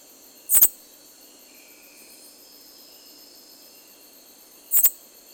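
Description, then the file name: Katydid Promeca borneana calling: two short, sharp, very high-pitched clicky bursts about four seconds apart over a faint steady background hiss. 27 April 1993; whole call sequence, kept as a voucher. "27041993 ganze Sequenz Beleg Promecaborneana"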